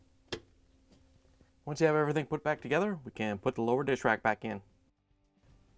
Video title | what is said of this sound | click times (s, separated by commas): How To: GE Dishwasher Float Mounting Tube WD21X22838 | then turn it so it locks in place once | 0.3 s